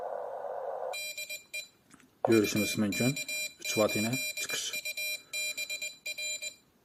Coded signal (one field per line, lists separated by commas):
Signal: Morse code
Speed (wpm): 20 wpm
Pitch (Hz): 2400 Hz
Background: speech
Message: DE UK8UBR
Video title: Radiomayak uSDX transiver 3wt quvvat bilan morse(CW) #радиолюбителей #радиомаяк #хоразм